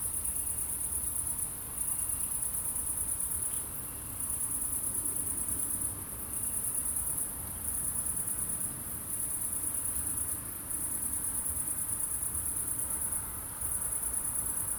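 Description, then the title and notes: Crickets trilling in a steady, high-pitched chorus that briefly dips every few seconds, over a constant low rumble of traffic. Crickets recorded at night in Aveize, France, with a few cars in the distance; captured with DPA-2006c microphones in AB position on a Mixpre-3 recorder. "69610 Aveize, France - Grillons - Crickets. Grillons la nuit, quelques voitures dans le lointain. Crickets at night, cars in the distance"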